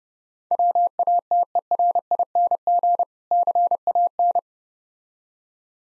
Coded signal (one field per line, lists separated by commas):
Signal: Morse code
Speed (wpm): 31 wpm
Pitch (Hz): 700 Hz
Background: none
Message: WATERING CAN